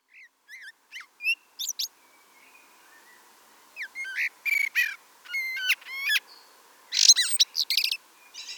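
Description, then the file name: Common blackbird calls in a loose series of sharp high chirps, rising sweeps and squeaky twitters, busier in the second half, over constant low hiss. "Turdus merula"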